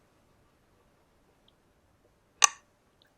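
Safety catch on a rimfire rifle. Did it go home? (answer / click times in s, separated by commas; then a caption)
released / 2.4 s. The safety catch on a 17HMR Lithgow Arms 101 rimfire rifle is flicked off while the shooter is lined up on a rabbit at night. A single sharp, bright click sounds at 2.4 s against near silence, with faint ticks at 1.5 s and 3.0 s. The safety is released.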